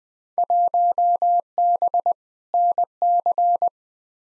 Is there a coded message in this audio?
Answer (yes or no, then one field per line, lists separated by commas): yes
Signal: Morse code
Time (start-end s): 0.4-3.7 s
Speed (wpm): 20 wpm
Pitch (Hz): 700 Hz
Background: none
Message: 1B NC